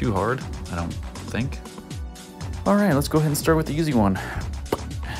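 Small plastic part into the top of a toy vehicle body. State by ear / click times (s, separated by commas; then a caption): seated / 4.7 s. A small plastic part of a toy vehicle kit is pressed into its spot on top of the body while someone talks over background music. A sharp, short click at 4.7 seconds is the part popping into place, and it seats.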